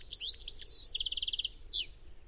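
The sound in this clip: Bird calls: jumbled high chirps, then a fast, even trill of short notes, ending in a whistled slur that rises and then falls.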